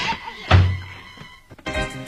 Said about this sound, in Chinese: 把门关上。